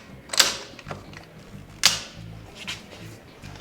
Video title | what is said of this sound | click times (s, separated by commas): EVERY Lectric E Bike Compared! (by full-time RVers) | Has that nice solid click though. | 1.9 s